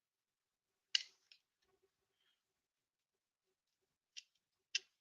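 A dried plastic part of an Agora Models 1/10 scale G1 Optimus Prime model kit is pressed into its mounting points, which are meant to snap it into place. Sharp plastic snaps ring out at 0.9 s and 4.8 s, with a few fainter ticks between them and no talking. The part seats and holds nice and tight.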